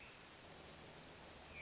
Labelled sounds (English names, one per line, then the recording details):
Hermit Thrush
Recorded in Sonoma County, California